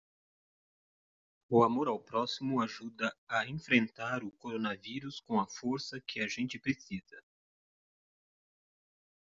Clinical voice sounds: spoken sentence; Brazilian Portuguese; male; 50 to 59 years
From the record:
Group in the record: control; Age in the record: 58 years

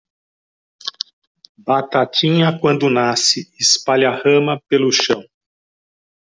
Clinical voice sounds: short text; Brazilian Portuguese; male; 50 to 59 years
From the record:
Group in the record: control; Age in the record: 58 years

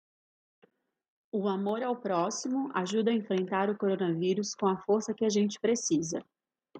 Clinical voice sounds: spoken sentence; Brazilian Portuguese; female; 30 to 39 years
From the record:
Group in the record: control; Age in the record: 38 years

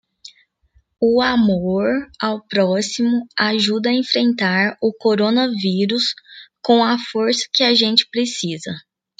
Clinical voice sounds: spoken sentence; Brazilian Portuguese; female; 20 to 29 years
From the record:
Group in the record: control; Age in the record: 25 years

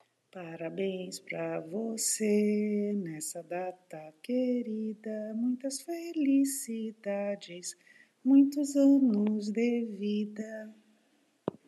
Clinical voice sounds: short text; Brazilian Portuguese; female; 60 to 69 years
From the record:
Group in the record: control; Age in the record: 60 years

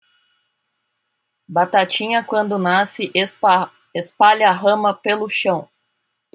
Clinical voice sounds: short text; Brazilian Portuguese; female; 30 to 39 years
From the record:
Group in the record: control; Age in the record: 38 years

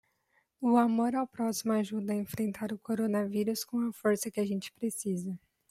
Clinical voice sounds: spoken sentence; Brazilian Portuguese; female; 20 to 29 years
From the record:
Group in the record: control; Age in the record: 23 years

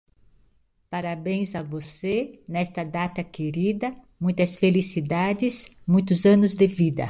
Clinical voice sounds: short text; Brazilian Portuguese; female; 60 to 69 years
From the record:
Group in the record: control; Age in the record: 60 years

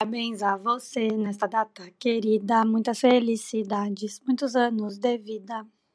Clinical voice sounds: short text; Brazilian Portuguese; female; 20 to 29 years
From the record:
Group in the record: control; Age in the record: 25 years

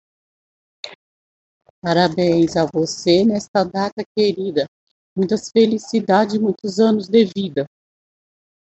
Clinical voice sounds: short text; Brazilian Portuguese; female; 50 to 59 years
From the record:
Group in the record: control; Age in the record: 50 years

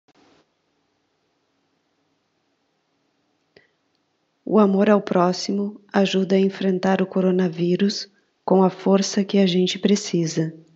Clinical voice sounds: spoken sentence; Brazilian Portuguese; female; 40 to 49 years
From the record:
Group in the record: control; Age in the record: 47 years

